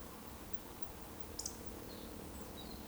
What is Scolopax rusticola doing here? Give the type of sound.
whistle